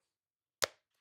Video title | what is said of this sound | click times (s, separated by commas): Did Ryan London Make THE BEST Leather Case For The iPhone 16 Pro Max?! | nice pop there | 0.6 s